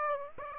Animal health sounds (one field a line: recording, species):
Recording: mosquito wingbeat signal from an infrared sensor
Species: Aedes aegypti